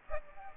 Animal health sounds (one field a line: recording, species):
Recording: mosquito wingbeat signal from an infrared sensor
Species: Aedes aegypti